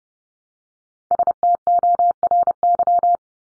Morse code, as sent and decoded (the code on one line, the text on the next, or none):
... - --- .-. -.--
STORY